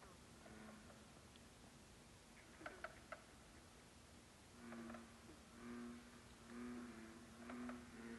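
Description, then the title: Frog gives deep, drawn-out croaks about once a second in the second half, after a few sharp clicks, over steady hiss. Frogs at Lac Labelle, Saint-Adolphe-d'Howard, Quebec, Canada, recorded at 1 am on 4 July 2023. "Frogs of Lac Labelle at 1am, Saint-Adolphe-d’Howard, Quebec, Canada on 4th July 2023 – by Mira Burt-Wintonick"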